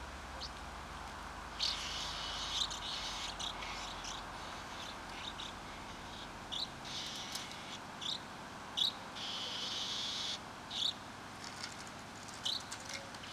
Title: 66 Rue du Vieux Bourg, 47500 Sauveterre-la-Lémance, France - Swallows - Hirondelles